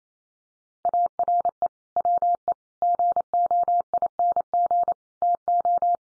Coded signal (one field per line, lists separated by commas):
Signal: Morse code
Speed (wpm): 28 wpm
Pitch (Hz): 700 Hz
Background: none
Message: ARE WE GOING TO